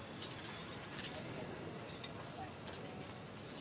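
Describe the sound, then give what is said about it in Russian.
A bee buzzes in a steady, unbroken drone with a thin high-pitched edge, holding at an even, fairly soft level for the whole few seconds, with no voices over it. “Что это? Это пчела.”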